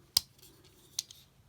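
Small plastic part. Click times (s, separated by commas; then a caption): 0.2 s. A rotating plastic part of a transforming toy robot (a robot shark that converts into a vending machine) is turned into its locked position while the toy is changed back from vending machine to shark. A sharp plastic click at 0.2 s marks the part locking into place, followed by a softer click at about 1.0 s and a faint tick at 1.1 s. The part is seated.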